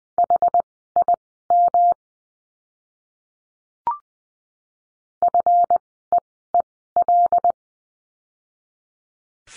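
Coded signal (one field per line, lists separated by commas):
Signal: Morse code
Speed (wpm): 20 wpm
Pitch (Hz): 700 Hz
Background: none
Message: HIM FEEL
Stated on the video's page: Morse code course lesson on letter F words, at Farnsworth speed of 20/10 wpm.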